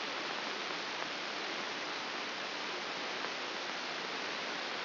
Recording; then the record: brain microelectrode recording played as sound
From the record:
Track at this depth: outside the subthalamic nucleus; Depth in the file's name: 6.661 mm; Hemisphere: left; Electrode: 2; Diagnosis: Parkinson's disease